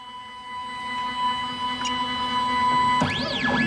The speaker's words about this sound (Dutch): We kijken nu naar een 3D-printer waar een heel dun straaltje algen eigenlijk uitkomt, toch? Ja. Het zijn algen en andere suikergebaseerde biologische materialen.